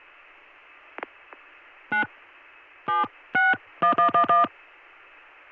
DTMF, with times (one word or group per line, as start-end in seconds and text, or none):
1.9-2.0 9
2.9-4.4 761111